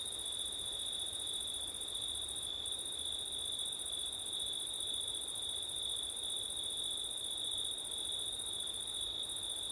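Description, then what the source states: Crickets singing constantly, two shrill trilled tones layered together, the higher one briefly dropping out twice. Crickets on a September night, recorded in wind with an ORTF microphone setup.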